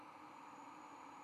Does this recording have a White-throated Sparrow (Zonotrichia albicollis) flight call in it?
no